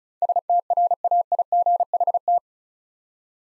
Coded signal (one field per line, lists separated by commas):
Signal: Morse code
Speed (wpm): 36 wpm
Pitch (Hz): 700 Hz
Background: none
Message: STRAIGHT